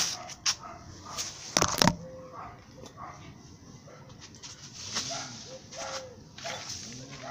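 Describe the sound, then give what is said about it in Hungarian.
A dog whines and whimpers in short, high-pitched cries that rise and fall, with a few sharp, loud bursts early on over a steady, rustling background. “Jaj, kutya! Jaj, jaj!”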